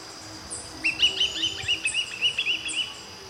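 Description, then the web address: Swallow-tailed kite calling in a fast run of short, high whistled notes, evenly spaced across about two seconds, with faint higher chirps above. Ecuador. "Natures Songs S America Birds of Ecuador. Swallow-tailed kite"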